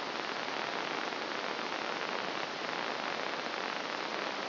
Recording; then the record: brain microelectrode recording played as sound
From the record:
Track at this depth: outside the subthalamic nucleus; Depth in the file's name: 0.942 mm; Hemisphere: left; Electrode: 2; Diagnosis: Parkinson's disease